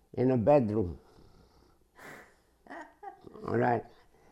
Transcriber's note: chuckles